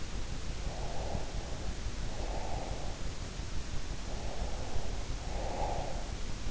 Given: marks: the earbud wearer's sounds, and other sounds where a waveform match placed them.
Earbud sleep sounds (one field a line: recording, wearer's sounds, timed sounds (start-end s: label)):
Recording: sounds in sleep by an in-ear microphone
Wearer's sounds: breath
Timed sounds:
0.79-3.12 s: breath
4.06-6.13 s: breath